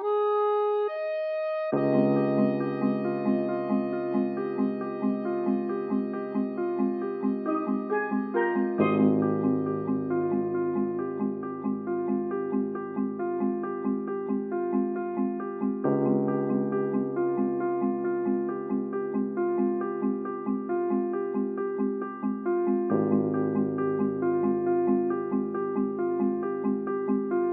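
Soundtrack music with a steady, looping pattern of bright repeating notes over low sustained tones, the chords shifting about every seven seconds.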